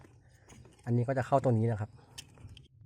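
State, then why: Seated. The accelerator pedal plug is pushed into the throttle-box harness connector, and it clicks in at 2.2 s and is seated. Someone talks from about 0.9 to 1.9 s. A few faint ticks come before and after the click.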